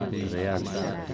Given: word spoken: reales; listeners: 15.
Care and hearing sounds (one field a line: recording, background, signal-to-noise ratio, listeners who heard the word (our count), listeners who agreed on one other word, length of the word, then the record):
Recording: one Spanish word in noise, from a listening test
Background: eight-talker babble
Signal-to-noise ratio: -0.8 dB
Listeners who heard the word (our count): 2 of 15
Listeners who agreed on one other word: 6 of 15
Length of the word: 0.74 s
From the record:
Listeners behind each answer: 6, 2, 1, 1, 1, 1, 1, 1, 1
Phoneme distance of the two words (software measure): 14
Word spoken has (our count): 3 syllables, 6 phonemes, stress on syllable 2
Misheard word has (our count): 2 syllables, 4 phonemes, stress on syllable 2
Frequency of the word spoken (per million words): 50.45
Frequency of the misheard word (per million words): 230.87